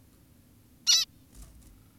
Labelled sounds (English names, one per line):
Zebra Finch